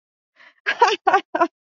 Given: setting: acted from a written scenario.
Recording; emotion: vocal sound without words; amusement